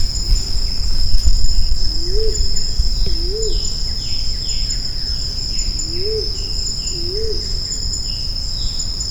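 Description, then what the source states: Grey imperial pigeon giving soft, low arched notes that rise then fall, in two pairs about a second apart, over a constant high insect drone and faint descending bird notes. Recorded on Maratua.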